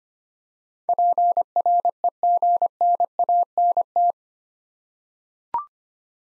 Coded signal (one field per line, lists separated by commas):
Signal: Morse code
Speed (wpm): 25 wpm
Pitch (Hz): 700 Hz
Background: none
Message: PREGNANT